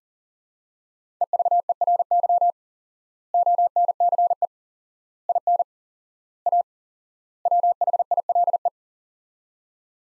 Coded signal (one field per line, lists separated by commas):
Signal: Morse code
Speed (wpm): 40 wpm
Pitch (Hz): 700 Hz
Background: none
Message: EVERY ONCE IN A WHILE